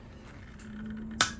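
A click-type torque wrench, reset to 33 (spec 30 to 45), tightens a wheel bolt on a new wheel being prepped for a 2013 Softail motorcycle. Faint, steady tightening sounds over a low hum lead up to a single sharp, bright click at 1.2 s, the loudest moment in the clip. The wrench clicks at its setting, confirming the bolt has reached the set torque.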